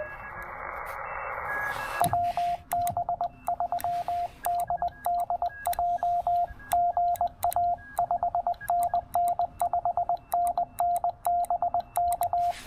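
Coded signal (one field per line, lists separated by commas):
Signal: Morse code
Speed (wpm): 20 wpm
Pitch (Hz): 700 Hz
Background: radio noise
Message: WB3DDJ GA 5NN 5NN BK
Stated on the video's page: Five-watt CW park activation with a Penntek TR-45L, making twenty contacts.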